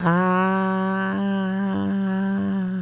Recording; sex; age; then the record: sustained vowel /a/; female; 60 to 69 years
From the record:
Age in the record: 60 years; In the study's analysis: included